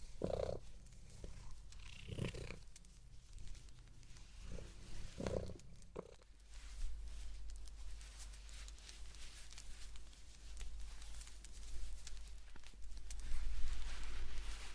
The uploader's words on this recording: ASMR Blanket Knitting To Put You To Sleep No Talking.